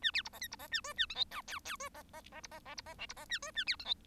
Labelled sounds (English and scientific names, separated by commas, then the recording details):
Bengalese Finch (Lonchura striata domestica) song
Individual Bird1